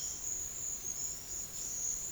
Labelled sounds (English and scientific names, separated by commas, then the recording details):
none
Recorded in secondary vegetation near Puerto Asís, Putumayo, Colombia, on 13 March 2025 at 13:00
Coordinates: 0.488, -76.319
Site G095